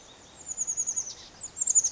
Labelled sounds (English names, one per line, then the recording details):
Chestnut-backed Chickadee
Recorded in Sonoma County, California